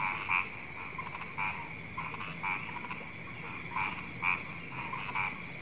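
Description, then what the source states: Frog croaks, brief and spaced irregularly, over a constant high background hiss. Frogs calling at night.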